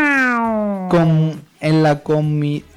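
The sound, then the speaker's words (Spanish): A human voice imitates a female cat's meow: one long, slowly falling call followed by three shorter, steady meows of similar pitch, loud and alone with brief pauses between. “¡Miau, miau, miau! Vaya con la gata.”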